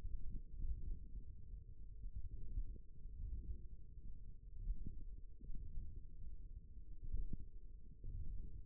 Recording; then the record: forearm muscle sounds (acoustic myography)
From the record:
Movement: wrist flexion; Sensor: system 1, eight BSWA MPA416 microphones around the upper forearm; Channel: 2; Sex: male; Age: 54 years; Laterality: right